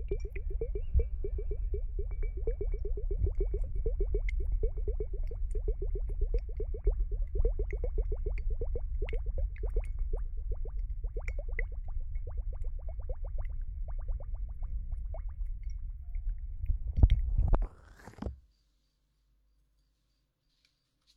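A slime-filled water hourglass gurgles and pops as thick liquid trickles through, a dense run of quick wet bubbles over a low rumble. The bubbling gradually thins, swells into a final gush around seventeen seconds, then stops abruptly into silence.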